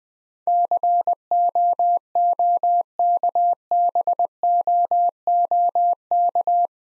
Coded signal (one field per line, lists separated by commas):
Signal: Morse code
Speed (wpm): 20 wpm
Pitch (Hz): 700 Hz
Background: none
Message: COOKBOOK